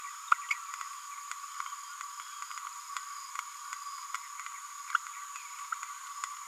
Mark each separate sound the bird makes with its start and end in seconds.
0.31-0.34, 0.50-0.54